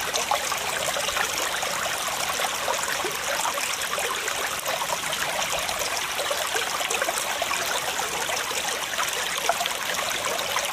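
A waterfall pours in a steady, dense rush of splashing water, bright and close, with little low rumble and no change throughout.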